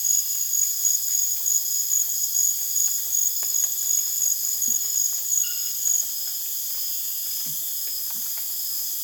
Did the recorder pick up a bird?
no